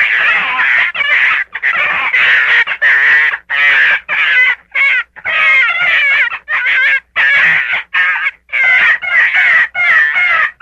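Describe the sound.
Gray fox in a long run of scratchy, quavering yelps packed closely together, the series running on steadily with only brief gaps.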